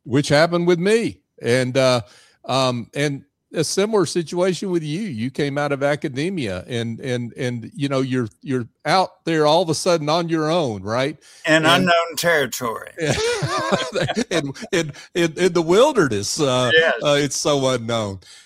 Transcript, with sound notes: Which happened with me, and uh, a similar situation with you, you came out of academia and, and, you know, you’re out there all of a sudden on your own, right?
In unknown territory. [laughter]
And in the— in the wilderness, uh it’s so unknown.